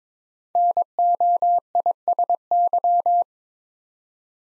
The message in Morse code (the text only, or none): NOISY